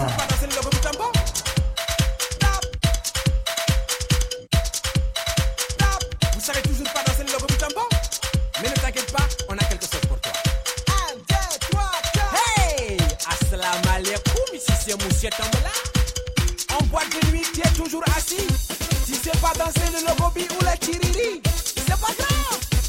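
An evening out at the bowling alley in St Savin, filled by loud music with a fast, steady thumping beat from start to finish. Held melody notes ride over the pulse, and the sound drops briefly around 4 and 11 seconds.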